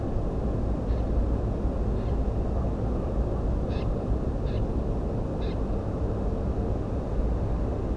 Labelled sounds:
Common Snipe
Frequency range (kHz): Common Snipe 1.4-6.6 kHz
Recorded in France

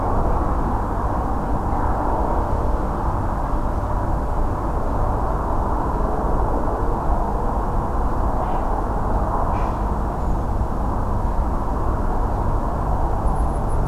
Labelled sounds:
Redwing
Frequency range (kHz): Redwing 6.7-7.3 kHz
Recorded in France

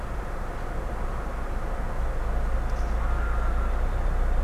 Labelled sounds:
Greylag Goose
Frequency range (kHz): Greylag Goose 1.2-1.6 kHz
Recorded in France

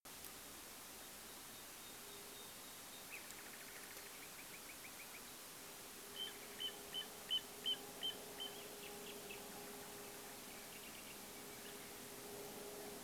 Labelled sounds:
unidentified sound
Common Nightingale
man-made sound
Little Ringed Plover
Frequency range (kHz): Common Nightingale 1.5-3.9 kHz; Little Ringed Plover 1.6-3.7 kHz
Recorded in France

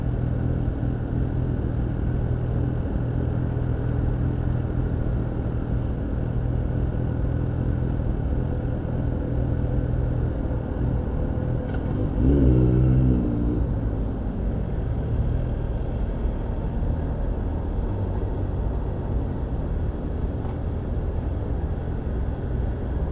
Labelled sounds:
Spotted Flycatcher
Tree Pipit
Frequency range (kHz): Spotted Flycatcher 5.3-7.5 kHz; Tree Pipit 4.5-7.9 kHz
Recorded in France

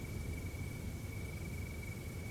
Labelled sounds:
none
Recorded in France

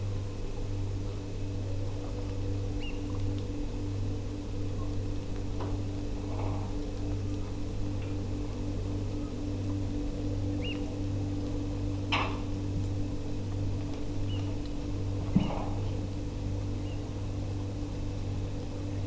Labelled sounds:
Eurasian Oystercatcher
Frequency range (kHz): Eurasian Oystercatcher 1.7-5.3 kHz
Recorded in France

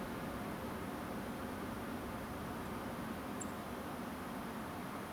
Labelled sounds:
Song Thrush
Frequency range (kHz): Song Thrush 7.1-10.6 kHz
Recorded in France

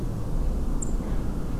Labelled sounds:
Song Thrush
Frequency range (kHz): Song Thrush 6.9-10.9 kHz
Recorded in France

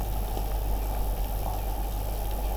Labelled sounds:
Common Greenshank
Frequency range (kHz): Common Greenshank 2.2-3.0 kHz
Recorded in France

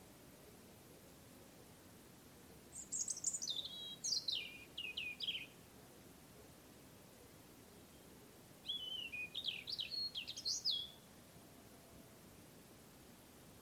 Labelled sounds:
European Robin
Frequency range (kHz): European Robin 2.0-8.7 kHz
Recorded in France

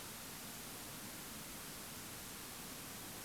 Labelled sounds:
none
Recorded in France

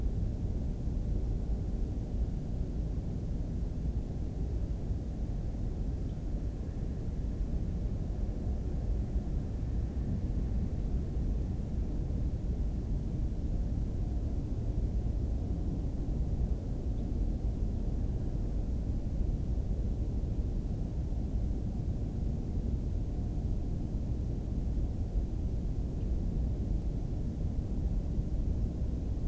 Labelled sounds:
Ortolan Bunting
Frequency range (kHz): Ortolan Bunting 2.2-4.3 kHz
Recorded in France

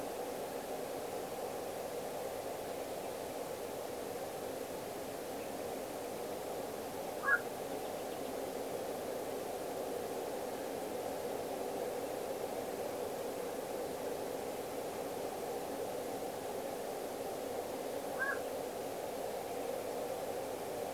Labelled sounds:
Black-crowned Night-Heron
Common Nightingale
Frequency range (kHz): Black-crowned Night-Heron 0.9-2.0 kHz; Common Nightingale 2.5-4.2 kHz
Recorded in France

